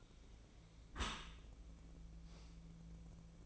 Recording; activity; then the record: daily activity, microphone in the room; close dishwasher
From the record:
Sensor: 1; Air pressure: 1012.4 hPa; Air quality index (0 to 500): 173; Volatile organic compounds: 3 ppm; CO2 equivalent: 1414 ppm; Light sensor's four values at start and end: 376/841/379/415 and 376/841/379/415